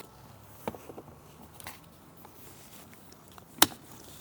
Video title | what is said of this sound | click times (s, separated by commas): Gladly Anthem 4 Wagon Stroller - Occupational Therapist Unboxing, Impressions, Brief Review | got a nice click to it | 3.6 s